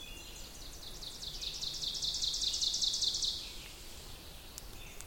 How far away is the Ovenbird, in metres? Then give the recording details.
about 30 m. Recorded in boreal forest in Alberta, Canada, on 2 June 2016 at 08:05. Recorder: SongMeter 3, array SBT-3-7. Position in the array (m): 190 m, 110 m. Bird 6